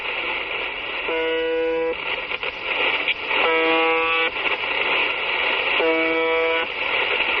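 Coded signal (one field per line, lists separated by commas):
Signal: channel marker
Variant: UVB-76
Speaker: Pues podría ser el clon de un camión, la sidena de un barco, pero no se llama o se llamaba UVB76. Desde 1982 en que fue detectado, eh, esta estación rusa soviética empezó siendo de onda corta, emitía 25 pulsos como el que hemos oído todas las todos los minutos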